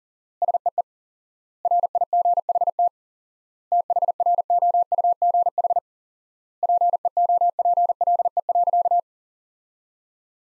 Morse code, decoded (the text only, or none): SEE RIGHT THROUGH PEOPLE.